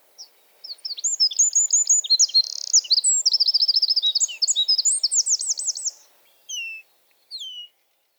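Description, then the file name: Eurasian wren song: a long, rapid, high-pitched outpouring of trills and sharp twittering notes, followed by two short separate call notes. "Troglodytes troglodytes"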